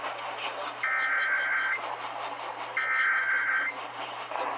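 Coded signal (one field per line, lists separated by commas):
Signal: Emergency Alert System (SAME) tones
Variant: header bursts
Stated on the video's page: Required monthly tests and NOAA Weather Radio required weekly tests from May 2023, one recorded from a phone.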